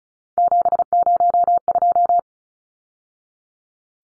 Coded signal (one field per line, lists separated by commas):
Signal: Morse code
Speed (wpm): 34 wpm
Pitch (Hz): 700 Hz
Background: none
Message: 702